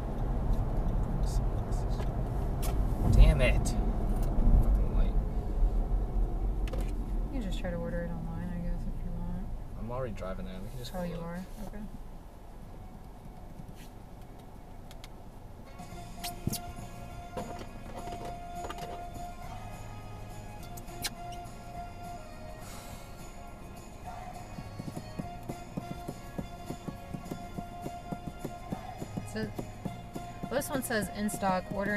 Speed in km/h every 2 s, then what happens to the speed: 77, 64, 44, 27, 11, 0, 0, 0, 0, 0, 0, 0, 0, 0, 0, 0.
0-10 brakes to 0. 10-32 standing.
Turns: none.